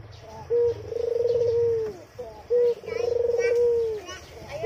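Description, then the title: Barbary dove giving repeated coos, each a brief opening note then a drawn-out purring coo, about every two seconds, with faint thin chirps behind. White Barbary dove (puter putih) used as a training (masteran) recording for songbirds. "Kicau Mania Masteran Burung Puter Putih ORIGINAL"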